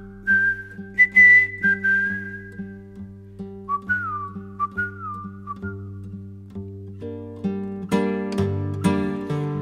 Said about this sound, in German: Pfeife dir den alten Pfiff am Grab und nenn dich Kamerad.